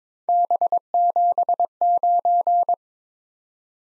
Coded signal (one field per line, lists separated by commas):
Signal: Morse code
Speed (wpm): 25 wpm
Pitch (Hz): 700 Hz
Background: none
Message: B79